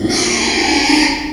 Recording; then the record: squeal of a Yucatan mini pig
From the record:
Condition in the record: after surgery on the right vocal fold (resection and tissue-engineered implant); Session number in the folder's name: 2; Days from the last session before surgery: 13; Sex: male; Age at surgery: 12 weeks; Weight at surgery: 13 kg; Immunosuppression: cyclosporine, prednisolone